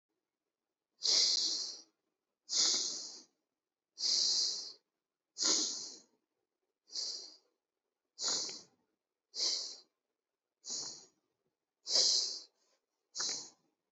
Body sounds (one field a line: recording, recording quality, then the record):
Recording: deep breathing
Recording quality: excellent, no background noise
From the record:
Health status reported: healthy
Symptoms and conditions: none ticked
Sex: male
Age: 26 years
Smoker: not ticked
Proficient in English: yes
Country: India